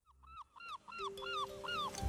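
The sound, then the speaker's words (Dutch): A seagull calls in a rapid series of about eight sharp, arching squeals with a whining, yelping quality, repeated evenly over two seconds at moderate loudness, with no voices. “Het is nou niet een heel gezellig geluid, zo'n meeuw.”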